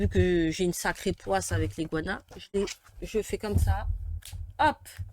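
Someone talks while a plastic cap is pushed onto an acrylic paint marker, a brand whose caps often come loose. Handling sounds are heard under the talking, but nothing has seated or clicked yet; the cap is not yet closed when the clip ends.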